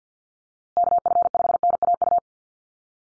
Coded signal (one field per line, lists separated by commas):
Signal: Morse code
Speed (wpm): 49 wpm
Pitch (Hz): 700 Hz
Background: none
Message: KF5NAU